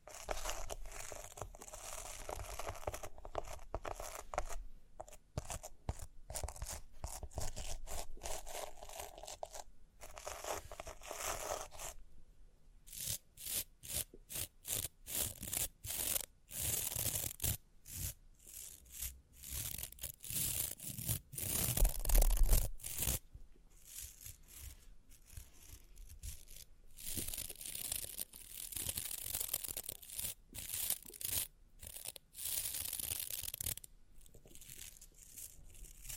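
Rhinestones are tapped, scratched and brushed in dense, rapid bursts of crisp, bright crackling and scraping that run for the whole clip. The texture stops and starts unevenly, with short silent gaps, a quieter stretch near twelve seconds and a louder thump around twenty-two seconds.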